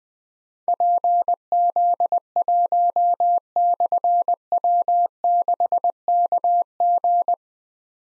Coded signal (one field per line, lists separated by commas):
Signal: Morse code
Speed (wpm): 20 wpm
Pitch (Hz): 700 Hz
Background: none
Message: PZ1/W6KG